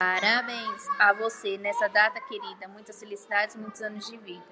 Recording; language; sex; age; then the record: short text; Brazilian Portuguese; female; 20 to 29 years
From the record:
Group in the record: control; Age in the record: 23 years